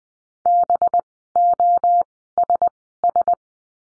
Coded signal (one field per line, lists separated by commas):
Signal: Morse code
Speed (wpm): 20 wpm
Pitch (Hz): 700 Hz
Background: none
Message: BOSS